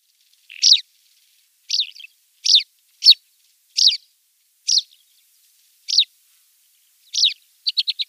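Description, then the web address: Tawny pipit flight calls, sharp downslurred chirps repeated roughly every second, closing with a fast burst of four or five short clipped notes. "Schulze Peter Tawny Pipit flightcalls"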